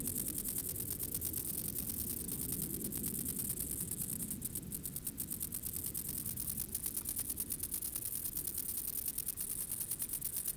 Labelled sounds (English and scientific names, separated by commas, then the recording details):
Stripe-winged Grasshopper (Stenobothrus lineatus) stridulation
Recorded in the wild
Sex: male
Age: imago
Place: Treuchtlingen, Heumöderntal, Bayern, DE
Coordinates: 48.96, 10.91
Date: 1993-09-22 16:30
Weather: heiter, 23°C
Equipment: Marantz CP 430, Sennheiser MKH 416 T, Kopie Uher Variocord 263
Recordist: Tembrock, Günter
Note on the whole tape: Anderes Männchen am Weibchen, springt ab und findet es wieder, lange Lautsequenzen